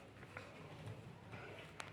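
A wire connector is pushed onto its socket on a circuit board inside a welding machine during repair, with light handling noise and a softer tap around 0.4 s. A sharp, brief click at 1.8 s marks the connector seating, and the connector ends up properly seated in the board.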